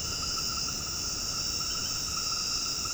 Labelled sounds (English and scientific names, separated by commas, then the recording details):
none
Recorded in dense forest near Puerto Asís, Putumayo, Colombia, on 18 February 2024 at 21:30
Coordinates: 0.486, -76.316
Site G6437